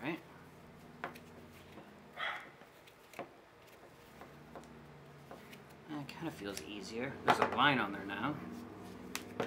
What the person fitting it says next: oh there it goes a snap did you hear that there we go